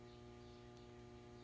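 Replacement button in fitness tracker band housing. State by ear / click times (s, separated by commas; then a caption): not seated / none. A replacement plastic button or charging clasp is handled and pressed toward the housing of a Fitbit Charge HR fitness tracker band. Only a steady low hum with faint background noise is heard, with no distinct click or tap. Nothing has seated or clicked into place yet.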